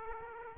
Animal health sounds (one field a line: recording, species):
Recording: mosquito wingbeat signal from an infrared sensor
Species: Aedes aegypti